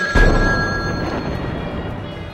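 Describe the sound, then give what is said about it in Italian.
A sudden loud blast from a bomb planted in a telephone receiver, set off by a radio signal when the call is answered, in Paris in December 1972, bursts out almost at once, then rolls on as a dense, low rumble that slowly fades over a couple of seconds, with a faint steady high tone lingering above. “Poi fa una telefonata. Quando Amshari risponde, un segnale radio attiva un ordigno piazzato nel ricevitore.”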